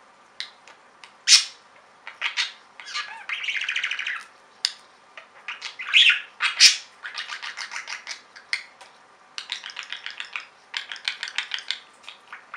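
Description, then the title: Budgerigar calls: sharp chirps and clicks, a buzzy grating note, then rapid trains of ticking notes toward the end. "Budgie Sounds"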